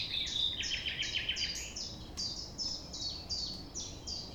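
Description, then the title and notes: Common nightingale song: a quick series of high downslurred notes, with a steady low background hiss. Recorded at 6 A.M. at sunrise near the Thève river, Champ de Ménage; the nightingale sings without waiting for silence. "6 A.M. Lever du soleil non loin de la Thève au Champ de Ménage. Le rossignol n'attend pas le silence."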